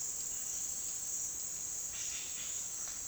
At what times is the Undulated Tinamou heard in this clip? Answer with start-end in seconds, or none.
none